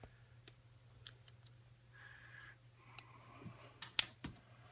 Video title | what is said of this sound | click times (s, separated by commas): Glock 20 and Arredondo and TTI base pads - FAIL | Okay, there, it kind of snapped a little bit, but as you can see in there, | 4.0 s